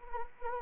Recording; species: mosquito wingbeat signal from an infrared sensor; Anopheles arabiensis